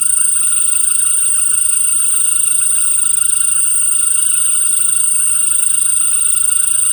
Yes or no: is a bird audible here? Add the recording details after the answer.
no. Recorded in pastures near Puerto Asís, Putumayo, Colombia, on 12 March 2025 at 18:30. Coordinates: 0.472, -76.329. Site G074